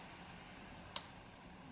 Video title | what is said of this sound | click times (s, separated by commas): Canon PowerShot G10 - Replacing Screen. | when you hear that click you can | 1.0 s